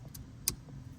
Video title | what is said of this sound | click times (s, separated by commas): Mk8 GTI Gets The Most OEM Plus Dash Cam | There you go. It'll have a nice solid click to it. | 0.5 s